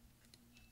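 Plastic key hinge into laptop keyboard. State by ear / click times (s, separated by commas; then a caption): seated / 0.3 s. The plastic scissor hinge for the up arrow key of a 13" MacBook Pro Unibody Core 2 Duo 2.26 GHz is fitted side by side into the keyboard, a finicky fit. A short, sharp click at 0.3 s marks the hinge seating, followed by a fainter tick at 0.6 s. The hinge is now installed.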